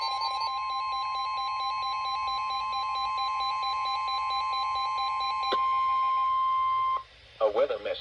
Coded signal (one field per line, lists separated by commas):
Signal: Emergency Alert System (SAME) tones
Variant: 1050 Hz attention tone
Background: speech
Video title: High Wind Warnings (Double Header) (EAS #1,898-1,899)